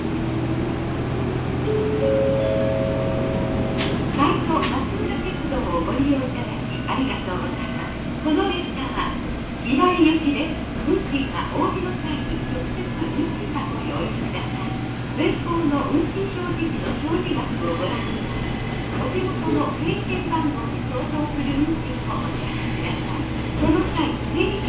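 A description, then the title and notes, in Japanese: A ride aboard a Matsuura Railway train from Matsuura to Imari, with a steady low rumble and rhythmic clatter of the wheels throughout. Brief voices come and go, a short rising tone sounds near the start, and a few sharp clicks and squeals appear along the way. 松浦鉄道 松浦→伊万里。松浦から伊万里は海岸線に沿ったりしながら磁器で有名な伊万里へ向かいます。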